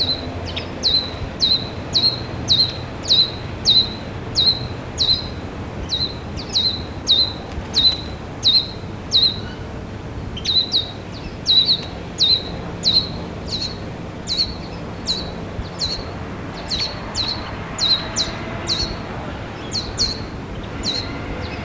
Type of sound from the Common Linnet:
call